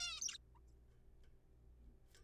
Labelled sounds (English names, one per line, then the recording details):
Zebra Finch
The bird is a juvenile
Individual R3428